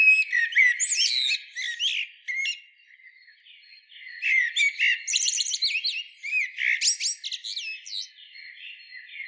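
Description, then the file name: Eurasian blackbird giving bursts of high twittering and squeaky notes with short whistled elements, in two busy phrases separated by a brief pause. "Turdus merula"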